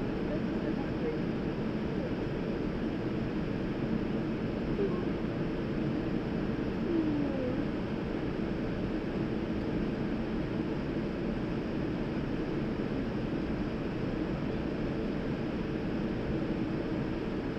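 An airplane waits for departure, its steady low engine hum and rumble unchanging throughout, with faint murmuring voices and brief soft tones.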